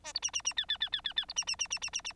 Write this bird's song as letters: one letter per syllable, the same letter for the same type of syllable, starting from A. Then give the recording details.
A B C C C D D D D D D B C C C C C C C. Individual Bird9